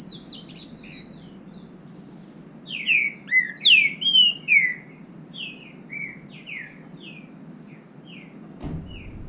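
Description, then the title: Green-winged saltator song opens with high chatter, then a burst of loud, bending whistles, followed by quieter falling notes and a brief thump. Bird named Nicão singing in the bush, in a song contest with a free-living wild bird. "Trinca Ferro NICÃO No Mato Disputando Com Solto"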